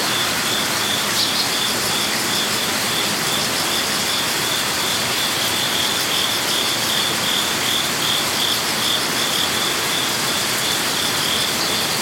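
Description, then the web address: Crickets give a faint, even high trill throughout, partly drowned by a constant roar of rushing water. Ambient crickets with rushing water in a Zen garden in Kyoto, Japan. "lynne-publishing amb crickets water rush Zen Garden Kyoto Japan"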